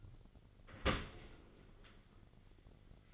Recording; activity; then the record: daily activity, microphone in the room; open dishwasher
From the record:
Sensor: 4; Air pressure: 1003.9 hPa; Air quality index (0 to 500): 152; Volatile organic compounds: 2 ppm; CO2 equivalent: 1085 ppm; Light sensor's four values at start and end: 27/65/27/30 and 28/67/28/31